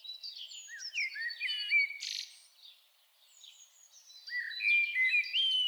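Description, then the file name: Common blackbird giving thin high twittering phrases and short whistles, a brief pause midway, then a louder burst of mellow whistled notes with scratchy twitters. "Turdus merula"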